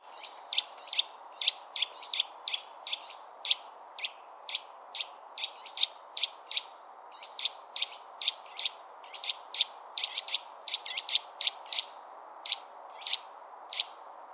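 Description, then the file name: Eurasian nuthatch giving sharp high piping notes, repeated steadily throughout, over a constant low hiss. "Sitta europaea"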